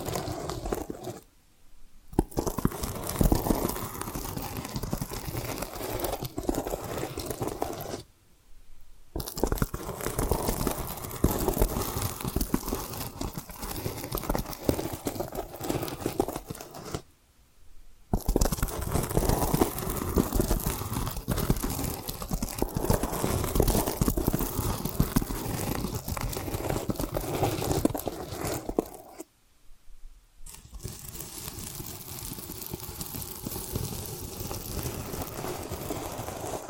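Tapping and scratching sounds form a dense, crackly texture of quick, irregular clicks and scrapes, with crunchy, crinkling tones that occasionally swell louder. The sound cuts out completely four times, near 2, 8, 17 and 29 seconds, before resuming.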